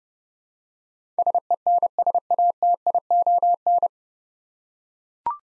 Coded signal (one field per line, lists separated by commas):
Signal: Morse code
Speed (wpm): 31 wpm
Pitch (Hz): 700 Hz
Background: none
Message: SENSATION